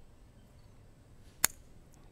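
A plastic wiper adapter is snapped onto the mount of a wiper blade for a BMW or MINI. After a quiet stretch, a single sharp snap sounds at 1.5 s, followed by a much fainter tick at 1.9 s. The adapter seats onto the blade.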